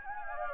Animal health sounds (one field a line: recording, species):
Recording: mosquito wingbeat signal from an infrared sensor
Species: Anopheles gambiae